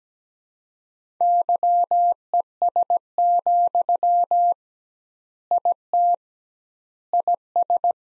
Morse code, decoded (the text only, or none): YES, IT IS